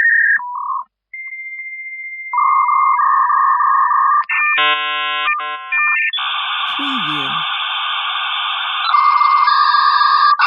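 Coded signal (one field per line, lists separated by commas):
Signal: dial-up modem handshake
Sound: dial tones, a steady high answer tone, warbling chirps, then loud rushing static hiss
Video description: Sounds of dial-up modem connecting to the internet, line noise and connect sounds from a computer.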